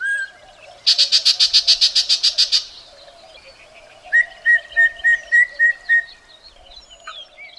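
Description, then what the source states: Yellow-breasted Chat song: a fast burst of harsh, buzzy notes, a pause, then a steady series of several clear whistled notes. Sings from willow treetops in streamside vegetation in canyons; the song keeps coming even when its grayish-green back blends into the leaves.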